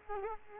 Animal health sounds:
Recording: mosquito wingbeat signal from an infrared sensor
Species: Culex quinquefasciatus

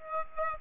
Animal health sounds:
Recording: mosquito wingbeat signal from an infrared sensor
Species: Aedes aegypti

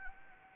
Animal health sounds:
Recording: mosquito wingbeat signal from an infrared sensor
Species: Anopheles gambiae

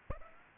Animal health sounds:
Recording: mosquito wingbeat signal from an infrared sensor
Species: Aedes aegypti

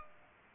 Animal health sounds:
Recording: mosquito wingbeat signal from an infrared sensor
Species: Aedes aegypti

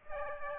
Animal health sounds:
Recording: mosquito wingbeat signal from an infrared sensor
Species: Aedes aegypti

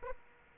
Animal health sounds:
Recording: mosquito wingbeat signal from an infrared sensor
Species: Aedes aegypti

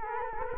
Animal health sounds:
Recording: mosquito wingbeat signal from an infrared sensor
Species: Culex quinquefasciatus

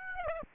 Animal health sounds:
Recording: mosquito wingbeat signal from an infrared sensor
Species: Aedes aegypti

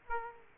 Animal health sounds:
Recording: mosquito wingbeat signal from an infrared sensor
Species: Aedes aegypti

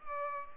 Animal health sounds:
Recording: mosquito wingbeat signal from an infrared sensor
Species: Culex pipiens

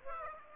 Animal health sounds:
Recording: mosquito wingbeat signal from an infrared sensor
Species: Aedes aegypti

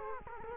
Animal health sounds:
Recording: mosquito wingbeat signal from an infrared sensor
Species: Culex quinquefasciatus

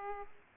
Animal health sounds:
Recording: mosquito wingbeat signal from an infrared sensor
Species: Aedes aegypti

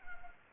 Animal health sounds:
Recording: mosquito wingbeat signal from an infrared sensor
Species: Anopheles gambiae

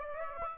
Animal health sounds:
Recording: mosquito wingbeat signal from an infrared sensor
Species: Aedes aegypti

